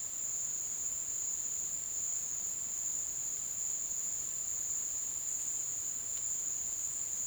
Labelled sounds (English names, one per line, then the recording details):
none
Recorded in dense forest near Puerto Asís, Putumayo, Colombia, on 19 February 2024 at 13:30
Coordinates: 0.505, -76.324
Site G6467